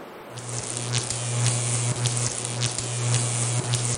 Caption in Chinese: 常见的最多发的一种耳鸣，要是自己能听见但是别人听不见，就是一种自我的感觉。 这个声很像那个有电话进来，对对，受到干扰的。